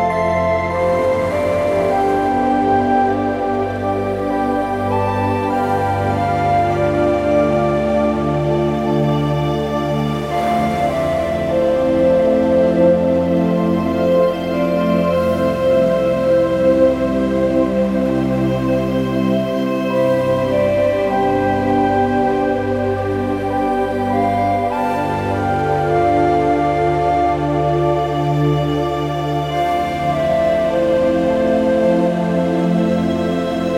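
A peaceful track of slow, sustained tones layered in soft chords, holding a steady, even loudness throughout. Brief airy swells rise roughly every five seconds, and the warm low notes shift gently as the harmony changes.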